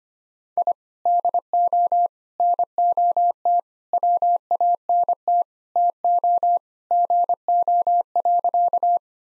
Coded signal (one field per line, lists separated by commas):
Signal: Morse code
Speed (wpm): 25 wpm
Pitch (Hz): 700 Hz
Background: none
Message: I DO NOT WANT TO GO.